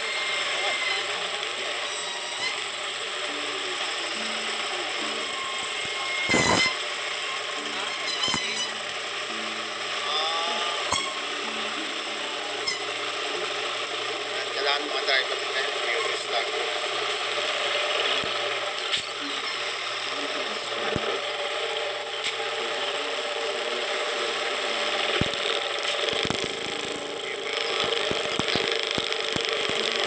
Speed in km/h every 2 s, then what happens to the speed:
0, 0, 0, 0, 0, 0, 0, 0, 0, 0, 0, 0, 0, 6, 7.
0-24 standing. 24-30 pulls away to 7.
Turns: none.